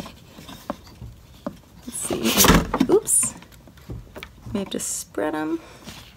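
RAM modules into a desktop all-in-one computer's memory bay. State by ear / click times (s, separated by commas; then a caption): not seated / none. RAM modules are pushed into the memory bay of a 2017 iMac 5K 27-inch all-in-one desktop computer, along with the bay's side levers, while someone talks. Short plastic taps and knocks are heard as the modules, which had not been in far enough before, are handled. Nothing has seated or clicked into place yet.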